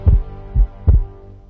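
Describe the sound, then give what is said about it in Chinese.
A low, thudding heartbeat pulses three times in about a second and a half, each beat a deep muffled thump over a faint steady hum, with no voices. “听见中国，听见未来，中国梦，听见你的心跳。”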